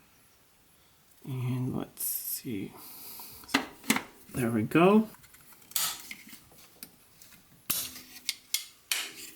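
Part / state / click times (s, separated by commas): distributor cap onto engine distributor / seated / 7.7 s, 8.3 s, 8.5 s, 8.9 s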